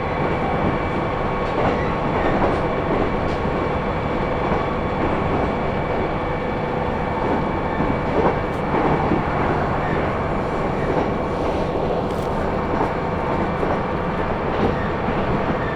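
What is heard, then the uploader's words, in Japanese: A train on the Kyudai Main Line runs between Tanushimaru and Kurume with a steady, dense rumble that holds an even level throughout. Faint constant whining tones ride over it, and brief clacks and ticks from the wheels come irregularly every second or so. 久大本線 田主丸→久留米。田主丸から久留米まではずっと久留米市内を走ります。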